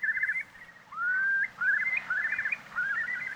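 Eurasian curlew song: a trilled phrase, then a smooth rising whistle followed by bubbling, trilled phrases, with steady background noise.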